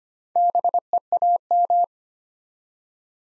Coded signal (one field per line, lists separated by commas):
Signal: Morse code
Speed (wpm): 25 wpm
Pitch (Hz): 700 Hz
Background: none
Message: BEAM